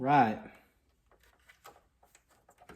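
Someone talks briefly at the start while a plastic drip-rail trim piece is handled against the window/roof channel of a Bronco SUV during an exterior trim install, with faint handling ticks and scrapes around 1.5, 1.7 and 2.7 seconds. The clip ends before the trim is pressed home; nothing has seated or clicked yet.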